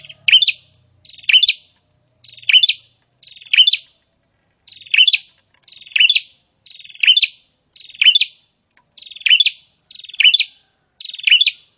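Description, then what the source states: Prinia song: eleven buzzy rattles, each with a sharp emphatic note at the end, about one per second. Prinia singing actively (gacor), presented to make listeners' own prinias more aggressive and vocal.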